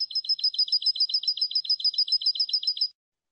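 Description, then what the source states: European goldfinch song: a rapid, even series of bright tinkling twittered notes, high-pitched and clean with no other sounds. Clean goldfinch song on a CD for birds to copy.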